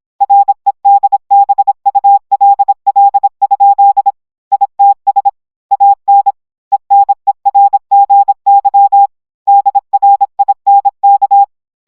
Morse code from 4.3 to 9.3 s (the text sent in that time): ITS AN ENERGY